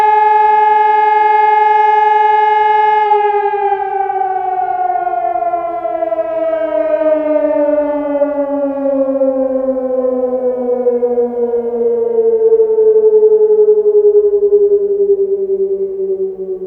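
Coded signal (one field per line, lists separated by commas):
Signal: siren signal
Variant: German Feueralarm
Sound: loud electronic siren wail holding a tone, then slowly sliding down in pitch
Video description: Monatliche Sirenenprobe in Eitorf am 4. Samstag im Monat um 11.15 Uhr mit dem Signal "Feueralarm".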